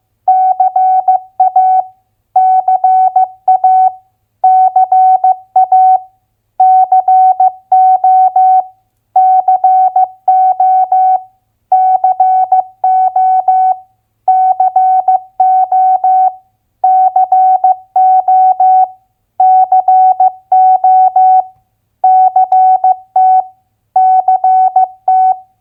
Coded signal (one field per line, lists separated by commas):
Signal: Morse code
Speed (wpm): 15 wpm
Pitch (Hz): 750 Hz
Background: none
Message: CA CA CA CO CO CO CO CO CO CT CT